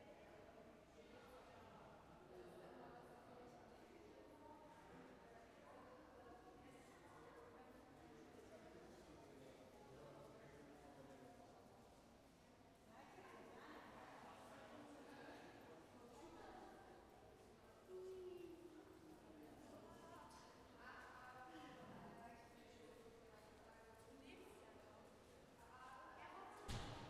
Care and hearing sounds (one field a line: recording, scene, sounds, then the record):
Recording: everyday scene through a hearing-aid microphone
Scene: reverberant space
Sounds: background noise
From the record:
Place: railway station hall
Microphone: behind the ear, left, front